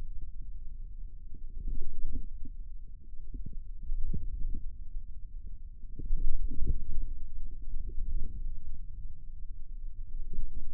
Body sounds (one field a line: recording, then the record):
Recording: forearm muscle sounds (acoustic myography)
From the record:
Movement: wrist extension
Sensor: system 2, bracelet of six BSWA MPA416 microphones around the upper forearm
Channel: 6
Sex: male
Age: 22 years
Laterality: right